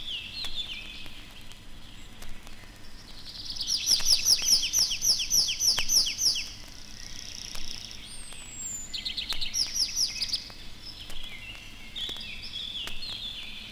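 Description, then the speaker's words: Tree Pipit song: bright, rapidly repeated downslurred notes in a fast series, a pause, then a shorter similar burst, over faint background hiss. Sung over forest edges and overgrown clearings; twittering part begun perched in a tree and continued while flying up, second part sung while gliding down to a neighbouring treetop. "Песня лесного конька слышна над лесными опушками и зарастающими сечами."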